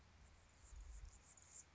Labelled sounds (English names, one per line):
Anna's Hummingbird